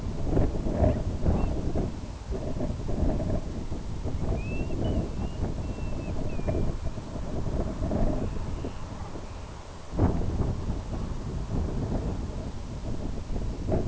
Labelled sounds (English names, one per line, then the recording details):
unidentified sound
Grey Plover
Dunlin
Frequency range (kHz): Grey Plover 1.0-3.7 kHz; Dunlin 1.8-4.0 kHz
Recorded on Arctic tundra, site IGLO-B, on 27 June 2018
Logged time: 03:59